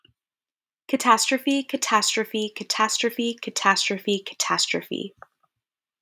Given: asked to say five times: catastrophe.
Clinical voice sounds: repeated word; female; 20 to 29 years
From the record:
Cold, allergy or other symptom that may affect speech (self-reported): no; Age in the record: 26 years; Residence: Florida, United States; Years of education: 19

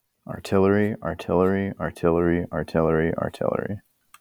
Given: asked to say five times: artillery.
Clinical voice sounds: repeated word; male; 20 to 29 years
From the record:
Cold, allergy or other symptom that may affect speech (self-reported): no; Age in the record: 25 years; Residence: California, United States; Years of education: 17

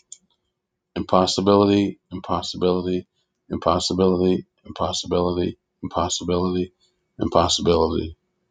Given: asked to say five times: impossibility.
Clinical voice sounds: repeated word; male; 50 to 59 years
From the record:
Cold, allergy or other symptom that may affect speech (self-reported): no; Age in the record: 55 years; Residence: Florida, United States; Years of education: 14

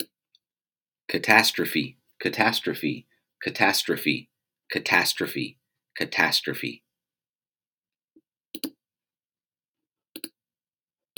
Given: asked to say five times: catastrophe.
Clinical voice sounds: repeated word; male; 30 to 39 years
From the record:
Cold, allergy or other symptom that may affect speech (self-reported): no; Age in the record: 36 years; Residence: Kentucky, United States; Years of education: 20

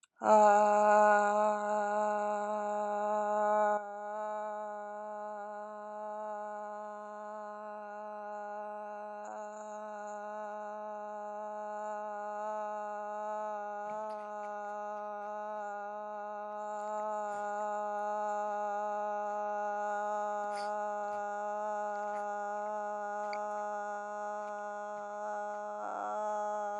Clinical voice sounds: vowel held as long as possible; female; 50 to 59 years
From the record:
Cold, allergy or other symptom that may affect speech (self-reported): no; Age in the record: 54 years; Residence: New York, United States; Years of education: 14

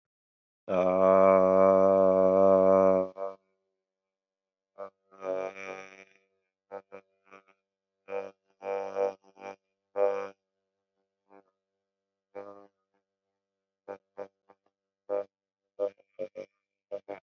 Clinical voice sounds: vowel held as long as possible; male; 30 to 39 years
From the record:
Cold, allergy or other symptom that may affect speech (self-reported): no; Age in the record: 36 years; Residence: New York, United States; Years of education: 14

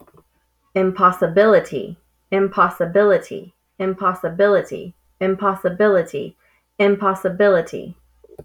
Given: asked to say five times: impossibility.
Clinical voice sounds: repeated word; female; 30 to 39 years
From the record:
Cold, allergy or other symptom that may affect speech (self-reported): no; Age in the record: 31 years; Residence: Kentucky, United States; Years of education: 12

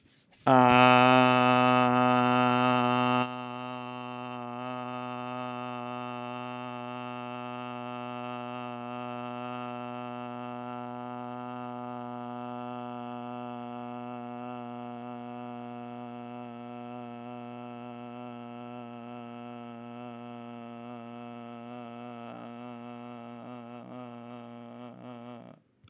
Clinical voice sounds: vowel held as long as possible; male; 30 to 39 years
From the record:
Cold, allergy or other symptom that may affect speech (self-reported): no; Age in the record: 31 years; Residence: New Jersey, United States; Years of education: 16

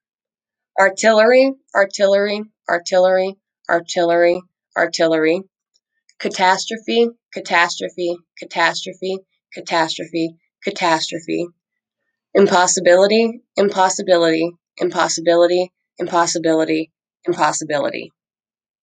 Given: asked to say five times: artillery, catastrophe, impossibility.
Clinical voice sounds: three words, each repeated; female; 20 to 29 years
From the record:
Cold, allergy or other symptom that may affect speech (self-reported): no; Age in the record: 27 years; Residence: Colorado, United States

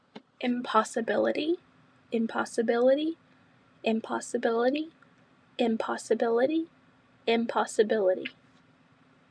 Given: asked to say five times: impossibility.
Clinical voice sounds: repeated word; female; 20 to 29 years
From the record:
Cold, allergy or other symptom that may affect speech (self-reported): no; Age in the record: 20 years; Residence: Texas, United States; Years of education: 15

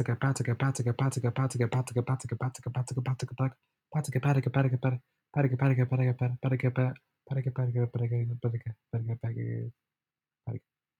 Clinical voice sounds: repeated syllables /pa ta ka/; male; 20 to 29 years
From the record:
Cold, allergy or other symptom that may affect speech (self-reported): no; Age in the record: 21 years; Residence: California, United States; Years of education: 16

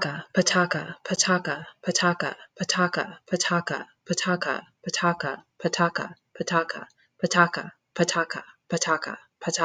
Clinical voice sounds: repeated syllables /pa ta ka/; female; 40 to 49 years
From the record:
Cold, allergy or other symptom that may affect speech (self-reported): no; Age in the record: 40 years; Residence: Arizona, United States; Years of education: 14

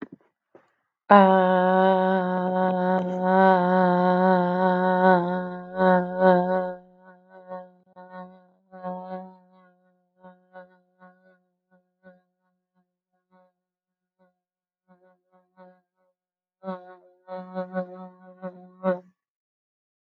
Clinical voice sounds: vowel held as long as possible; female; 30 to 39 years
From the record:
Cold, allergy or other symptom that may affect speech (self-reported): no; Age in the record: 32 years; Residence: Illinois, United States

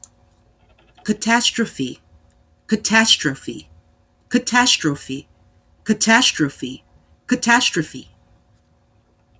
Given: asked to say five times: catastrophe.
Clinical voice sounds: repeated word; female; 30 to 39 years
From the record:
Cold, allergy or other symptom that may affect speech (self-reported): no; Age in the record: 38 years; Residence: United States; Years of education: 16

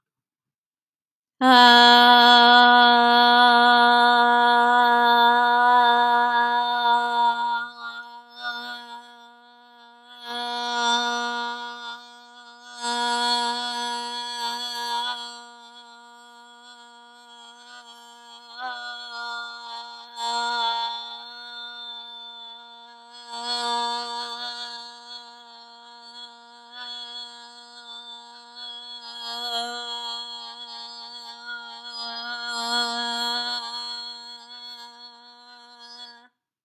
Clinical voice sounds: vowel held as long as possible; female; 30 to 39 years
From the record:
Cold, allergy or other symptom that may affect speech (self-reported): no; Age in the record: 32 years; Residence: New York, United States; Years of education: 17

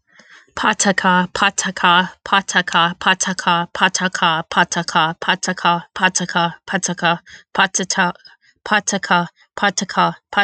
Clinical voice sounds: repeated syllables /pa ta ka/; female; 20 to 29 years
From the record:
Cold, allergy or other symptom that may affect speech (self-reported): no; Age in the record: 25 years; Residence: New Jersey, United States

